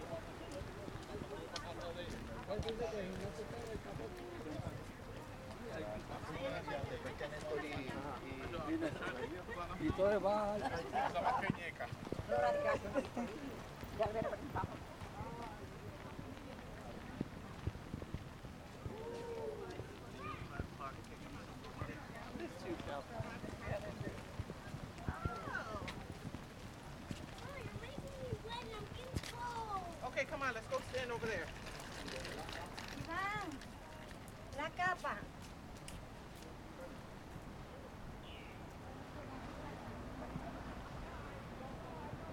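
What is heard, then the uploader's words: Walking around Willemstad, Curacao, with a steady murmur of voices and overlapping conversation throughout. Occasional clip-clop sounds, possibly a horse, and passing vehicle noise mix in, with louder bursts of chatter around ten to thirteen seconds and again near thirty to thirty-five seconds. Walking Around Willemstad Curacao.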